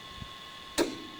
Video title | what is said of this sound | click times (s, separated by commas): 1996 Dodge Dakota How to Change The Brake Pads | Not that click, but that click. | 0.8 s